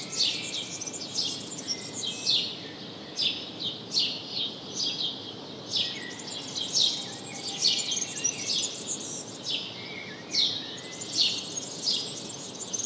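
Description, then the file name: House sparrow giving a long run of bright, slurred chirps at uneven intervals, over a constant background hiss. "Passer domesticus"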